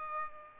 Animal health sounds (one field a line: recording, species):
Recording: mosquito wingbeat signal from an infrared sensor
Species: Aedes aegypti